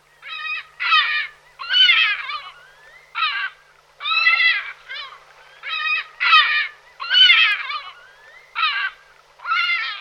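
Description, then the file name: Lesser black-backed gull giving harsh, nasal kowk calls, short bursts repeated roughly every second, some doubled, in a steady series. "racek-žlutonohý"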